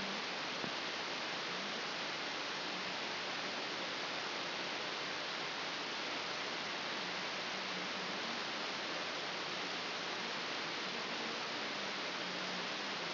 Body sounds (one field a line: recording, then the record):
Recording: brain microelectrode recording played as sound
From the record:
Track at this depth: inside the subthalamic nucleus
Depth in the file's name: 6.508 mm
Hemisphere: left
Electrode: 2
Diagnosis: Parkinson's disease